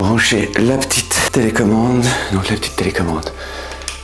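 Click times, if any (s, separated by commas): none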